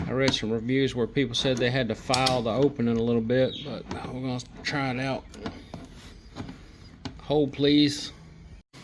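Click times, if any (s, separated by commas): none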